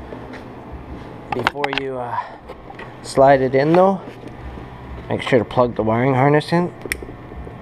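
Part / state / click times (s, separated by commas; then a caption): wiring harness plug into fuel level sender connector / seated / 6.9 s. On an Arctic Cat F series snowmobile, a wiring harness plug is pushed into the mating connector on the fuel level sender assembly before the unit slides into its slot, as part of fixing a gas gauge issue. Someone talks over a low steady background hum, then a single sharp click is heard at 6.9 s. The wiring harness connector clicks in and is seated.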